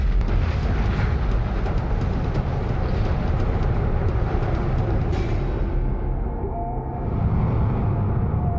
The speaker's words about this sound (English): Six green board, five, four, 3, 2, 1, engine start, and liftoff of the Delta II rocket carrying the Spirit from Earth to planet Mars.